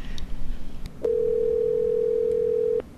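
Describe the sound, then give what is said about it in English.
A steady, unbroken telephone dial tone hums at a mid pitch for nearly two seconds while calling someone back, then cuts off abruptly. Soft background noise comes before it, with no talking. “Let's give him a call back.”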